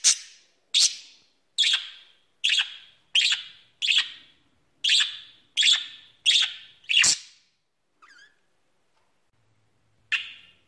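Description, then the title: Budgerigar calls: a run of about ten harsh chirps, a quiet gap, then one more chirp. "Budgie Sounds"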